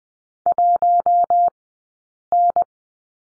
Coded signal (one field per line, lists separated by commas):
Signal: Morse code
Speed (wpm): 20 wpm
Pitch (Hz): 700 Hz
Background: none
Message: 1 N